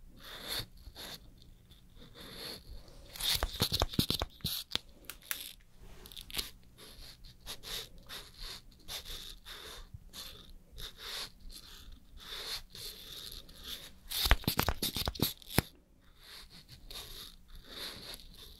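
Makeup and hair styling, heard as a steady run of soft taps, rustles and brushing strokes. Sharp clicks and scraping bursts cluster around four seconds and again near fourteen to fifteen seconds, over a constant thin, bright hiss.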